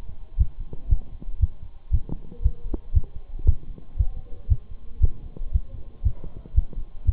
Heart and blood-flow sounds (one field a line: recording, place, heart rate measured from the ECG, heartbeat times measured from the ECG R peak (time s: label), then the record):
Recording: heart sounds by stethoscope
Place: between the tricuspid and mitral areas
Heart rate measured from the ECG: 117 bpm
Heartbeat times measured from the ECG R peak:
0.40 s: heartbeat
0.91 s: heartbeat
1.42 s: heartbeat
1.93 s: heartbeat
2.44 s: heartbeat
2.95 s: heartbeat
3.47 s: heartbeat
3.99 s: heartbeat
4.50 s: heartbeat
5.02 s: heartbeat
5.54 s: heartbeat
6.05 s: heartbeat
6.56 s: heartbeat
7.07 s: heartbeat
From the record:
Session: Bruce protocol treadmill stress test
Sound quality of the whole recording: partially saturated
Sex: male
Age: 23 years